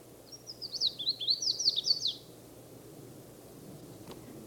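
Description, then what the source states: Red-faced Warbler giving a quick, high twittering series of sweet slurred notes for about two seconds, fairly faint over a steady low background hiss. At the foot of Mount Elden Road on 17 May, about 10:00–10:30, after several other calls; song given while the bird flew from tree to tree.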